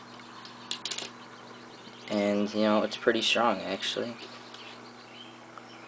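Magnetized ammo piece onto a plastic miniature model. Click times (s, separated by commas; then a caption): 0.7 s. A glued-on ammo piece snaps into place on a plastic miniature model, held by a small magnet under the model. A sharp click lands at 0.7 s, followed by a few quick lighter taps, and the piece is seated. Someone then talks.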